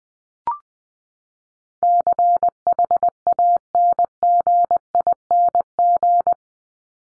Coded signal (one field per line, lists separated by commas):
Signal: Morse code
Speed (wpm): 20 wpm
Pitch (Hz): 700 Hz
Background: none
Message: CHANGING